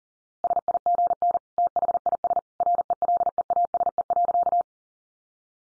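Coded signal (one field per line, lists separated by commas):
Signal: Morse code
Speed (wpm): 40 wpm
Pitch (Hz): 700 Hz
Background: none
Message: SIGN THIS RELEASE.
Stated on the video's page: Head-copy sentence practice at 40 wpm.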